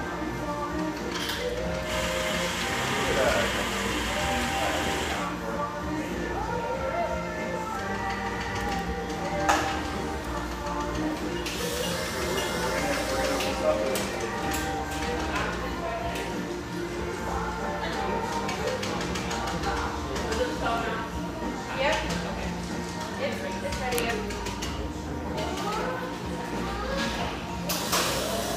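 Cafe chatter fills the whole recording, a dense, steady murmur of overlapping voices with no single speaker standing out. Clinks and taps of cups and dishes break through often, and bursts of hissing noise rise around 2–5 and 11–14 seconds, like a steam wand.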